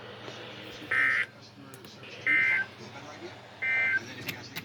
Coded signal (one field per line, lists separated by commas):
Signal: Emergency Alert System (SAME) tones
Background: speech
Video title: Last one for The Day (EAS#219)